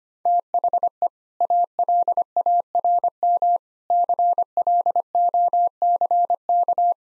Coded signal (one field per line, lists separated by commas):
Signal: Morse code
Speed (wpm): 25 wpm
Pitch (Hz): 700 Hz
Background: none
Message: THE ALARM CLOCK